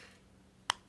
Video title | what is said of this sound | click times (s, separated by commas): New wood carving tools | locks into place like that and then that locks | 0.7 s